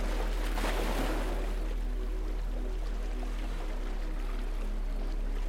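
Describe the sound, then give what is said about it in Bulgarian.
A steady rushing wash of ocean waves, swelling briefly near the start, with a low constant hum and soft sustained tones running underneath and no voices. “Почувствай как сърцето ти се свързва с ритъма на морските вълни.”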